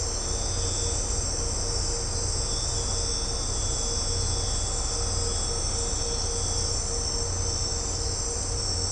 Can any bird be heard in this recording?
no